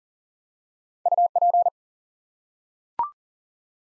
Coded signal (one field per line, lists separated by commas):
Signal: Morse code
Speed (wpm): 40 wpm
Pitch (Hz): 700 Hz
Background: none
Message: UP